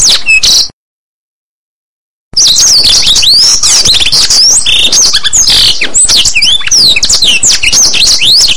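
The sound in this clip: Blackthroat song: a brief high phrase, a pause of about a second and a half, then a long stream of sweet slurred whistles and buzzy trills.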